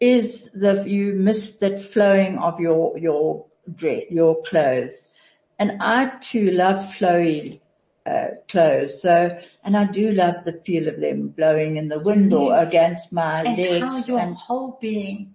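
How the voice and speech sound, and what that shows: One adult woman talks fluently and clearly at an easy pace, with an ordinary voice and natural short pauses.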